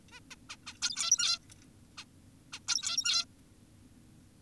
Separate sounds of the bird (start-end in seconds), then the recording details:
0.12-0.20, 0.31-0.36, 0.50-0.56, 0.67-0.74, 0.82-1.39, 1.98-2.04, 2.53-2.60, 2.68-3.25. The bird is an adult. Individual g17y2U